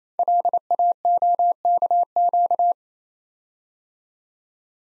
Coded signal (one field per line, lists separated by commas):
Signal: Morse code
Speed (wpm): 27 wpm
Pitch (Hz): 700 Hz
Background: none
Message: LAOKQ